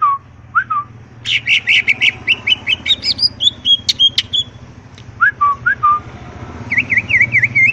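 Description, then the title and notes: Leafbird song: slurred whistles, a rapid chattering series and quick warbled phrases, with a noticeable low rumbling hum throughout. Vigorously singing (gacor), melodious leafbird (cucak ijo) in ngentrok style with crest raised (jambul nembak); recording intended as a master track for training other cucak ijo. "Cucak Ijo Gacor Ngentrok Jambul Nembak. suara burung cucak ijo gacor, merdu cocok buat masteran burung cucak ijo"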